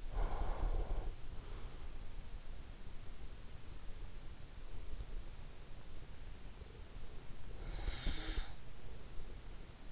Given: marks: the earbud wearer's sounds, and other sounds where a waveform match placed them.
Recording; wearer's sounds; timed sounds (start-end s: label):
sounds in sleep by an in-ear microphone; breath
0.00-1.73 s: breath
7.19-9.16 s: breath